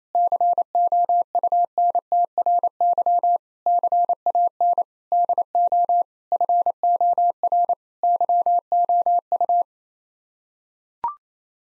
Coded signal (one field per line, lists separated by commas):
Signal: Morse code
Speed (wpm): 27 wpm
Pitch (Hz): 700 Hz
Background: none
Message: COUNTRY CAN DO FOR YOU